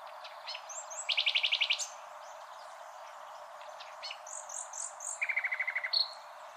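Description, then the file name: Common nightingale singing two phrases, each a fast, even series of buzzy repeated notes, with soft whistles and chirps in between. "Luscinia megarhynchos"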